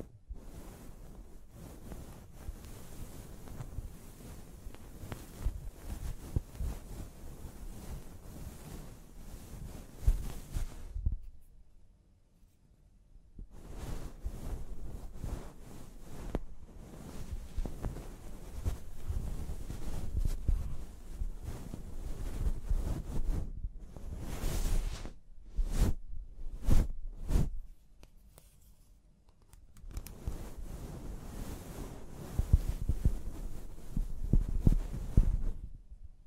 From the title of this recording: Personal Attention Scalp Massage, Hair Wash